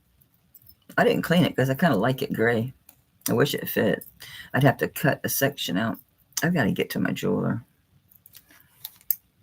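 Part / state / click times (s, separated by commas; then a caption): clasp closing on a silver jewelry piece / seated / 9.1 s. Someone talks while handling a sterling silver piece of jewelry during a live auction, then closes its clasp after a few faint clicks. The clasp snaps shut with a loud, sharp click at 9.1 seconds and is seated.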